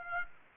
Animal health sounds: mosquito wingbeat signal from an infrared sensor; Aedes aegypti

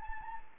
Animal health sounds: mosquito wingbeat signal from an infrared sensor; Anopheles gambiae

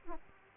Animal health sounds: mosquito wingbeat signal from an infrared sensor; Aedes aegypti

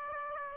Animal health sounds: mosquito wingbeat signal from an infrared sensor; Aedes aegypti

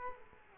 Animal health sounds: mosquito wingbeat signal from an infrared sensor; Culex quinquefasciatus

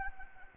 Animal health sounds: mosquito wingbeat signal from an infrared sensor; Anopheles arabiensis

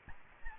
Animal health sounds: mosquito wingbeat signal from an infrared sensor; Aedes albopictus

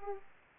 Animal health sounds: mosquito wingbeat signal from an infrared sensor; Aedes aegypti

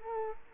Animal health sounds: mosquito wingbeat signal from an infrared sensor; Culex quinquefasciatus

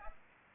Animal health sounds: mosquito wingbeat signal from an infrared sensor; Aedes aegypti

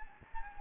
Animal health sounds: mosquito wingbeat signal from an infrared sensor; Anopheles gambiae

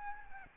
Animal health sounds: mosquito wingbeat signal from an infrared sensor; Aedes albopictus

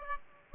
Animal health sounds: mosquito wingbeat signal from an infrared sensor; Aedes aegypti

